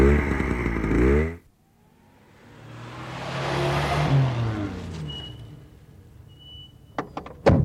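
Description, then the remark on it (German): A vehicle engine runs with a loud, throbbing rumble for about a second, then is abruptly switched off. A softer rushing noise swells up afterward, followed by a few sharp clicks at the end. “Zuerst muss ich meine Maschine ausstellen.”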